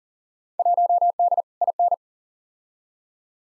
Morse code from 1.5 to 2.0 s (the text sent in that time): IN